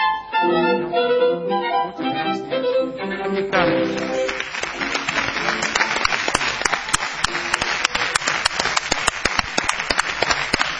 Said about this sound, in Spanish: Son ustedes muy amables, vamos a extender la ovación para honrar al querido Patricio Barton.